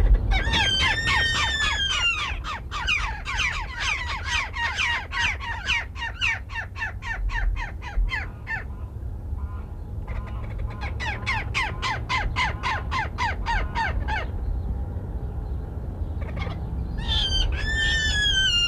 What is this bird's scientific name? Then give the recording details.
Milvago chimango. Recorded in captivity. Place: Zoo Córdoba, AR. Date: 1979-09-26. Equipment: Halbspur, 9,5 cm/s. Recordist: Lütgens, Hans. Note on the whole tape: Drei Tiere rufend